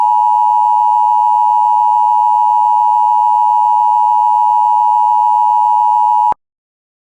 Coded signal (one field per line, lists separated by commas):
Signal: Emergency Alert System (SAME) tones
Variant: 853 and 960 Hz attention tone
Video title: 18x Header on WJON /IP Weatherscan 24/7 [Includes RARE Alerts] EAS 182-199)